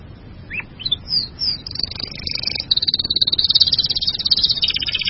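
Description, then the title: Bird song opening with separate rising and falling whistled notes, then running into a fast, high, steady trill that continues to the end. "burung online"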